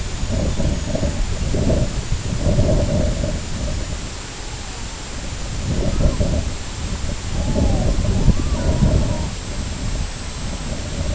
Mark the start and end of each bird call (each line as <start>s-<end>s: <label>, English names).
4.17s-5.08s: Red-throated Loon
5.72s-6.26s: Red-throated Loon
7.24s-9.38s: Red-throated Loon